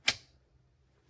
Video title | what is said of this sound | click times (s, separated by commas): Review TONBUX Kids Scooter, Light Up 3 Wheel kick scooters for kids 3-5, Folding scooters for kids 8 | locks into place push the button | 0.1 s